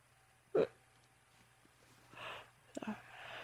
That sounded like a hiccup. It was a hiccup.